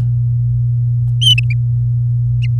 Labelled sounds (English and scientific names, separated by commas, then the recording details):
Domestic Canary (Serinus canaria) song
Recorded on 4 May 2018 at 07:30
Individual llb16